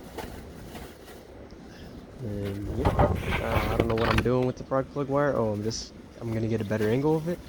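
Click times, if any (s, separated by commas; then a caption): none. A spark plug wire boot is picked up and positioned over the plug terminal of a small pressure-washer engine, with low handling noise at the start. Someone talks through most of the clip. Nothing has seated or clicked yet.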